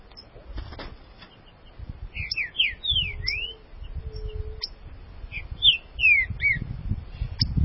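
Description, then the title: Green-winged saltator song of rich whistled notes, swooping down then up in short bursts, two phrases separated by a few seconds, over low background rumble. "Trinca Ferro"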